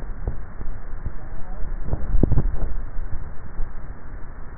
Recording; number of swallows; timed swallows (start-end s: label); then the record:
swallowing sounds by neck microphone; 1
2.08-2.85 s: swallow
From the record:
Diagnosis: dysphagia